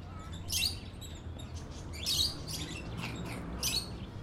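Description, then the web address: Birds giving several short bursts of high chirps against a continuous low rumbling background. Birds in an aviary in a city park. "Sound Effects-Lynne Music 2 Birds-In-City-Park-Aviary"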